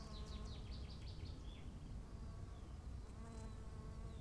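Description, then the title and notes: Droning bee buzz, with a quick series of bird chirps at the start and soft wind rumble. Bees at 15:15 on a field path to the Bruder-Klaus chapel in Wachendorf, with birds, wind and quiet. "wachendorf, feldweg. 15:15 feldweg zur bruder-klaus-kapelle, bienen, vögel, wind, stille"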